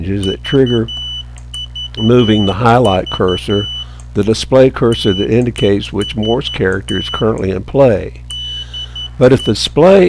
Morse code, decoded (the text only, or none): VVV TEST DE